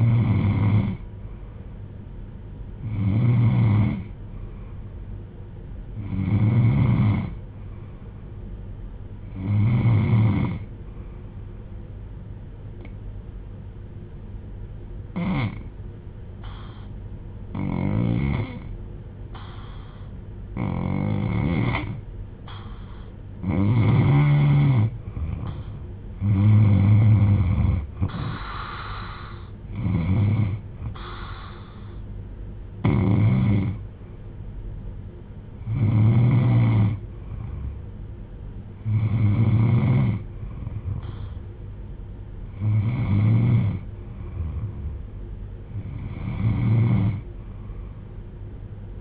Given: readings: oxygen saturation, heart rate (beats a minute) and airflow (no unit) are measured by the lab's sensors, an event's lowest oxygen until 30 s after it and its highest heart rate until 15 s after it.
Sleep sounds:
breathing in sleep by a smartphone at the bedside; 1
11.00-28.40 s: hypopnea (N3, oxygen 94% highest, then 90% lowest)
20.00-49.01 s: new sleep stage, N2 (light sleep)
From the record:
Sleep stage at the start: N3 (deep sleep); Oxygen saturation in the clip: 90 to 94%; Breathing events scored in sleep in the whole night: 310 in 8.1 hours asleep

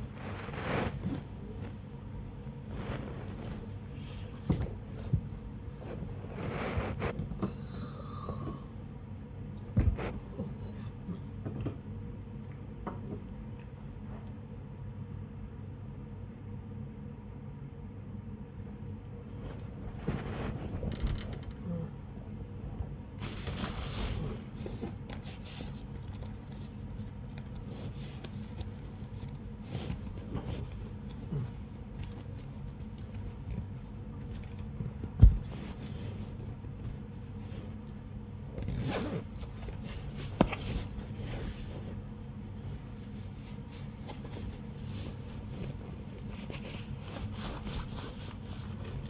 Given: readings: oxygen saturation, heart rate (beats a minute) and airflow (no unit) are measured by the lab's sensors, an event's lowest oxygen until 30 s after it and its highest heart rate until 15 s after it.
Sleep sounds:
a person awake in a sleep study, by a smartphone at the bedside; none
0.00-49.10 s: awake
From the record:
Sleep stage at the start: awake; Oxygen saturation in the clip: 95 to 98%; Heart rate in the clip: 60 to 85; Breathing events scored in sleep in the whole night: 35 in 6.9 hours asleep

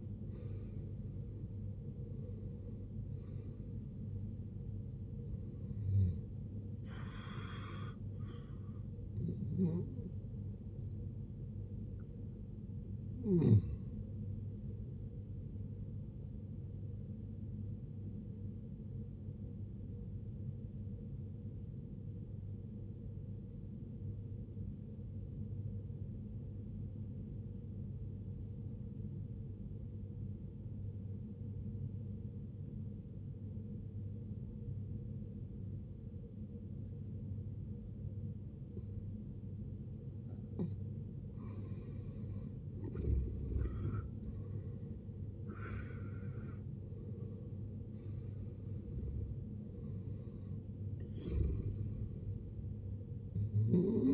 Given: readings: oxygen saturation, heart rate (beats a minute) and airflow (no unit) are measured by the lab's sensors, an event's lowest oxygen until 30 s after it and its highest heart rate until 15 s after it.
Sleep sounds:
breathing in sleep by a smartphone at the bedside; 1
21.00-51.00 s: new sleep stage, N2 (light sleep)
22.00-42.30 s: obstructive apnea (N2, oxygen 94% highest, then 76% lowest, heart rate 59 at the start, 74 highest)
51.00-54.14 s: new sleep stage, N1 (lightest sleep)
From the record:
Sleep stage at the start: N1 (lightest sleep); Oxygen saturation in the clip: 72 to 94%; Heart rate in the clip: 53 to 78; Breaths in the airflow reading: 9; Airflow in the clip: -12.5 to 15.2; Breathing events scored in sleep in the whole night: 389 in 6.3 hours asleep

